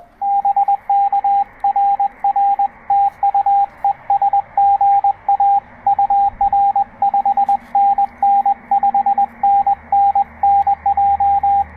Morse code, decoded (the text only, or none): BK RR TU ES GA UR 5NN 5NN NJ